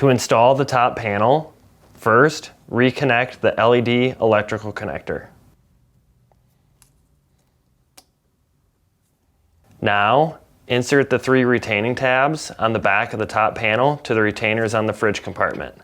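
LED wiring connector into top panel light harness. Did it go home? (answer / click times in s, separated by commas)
yes / 8.0 s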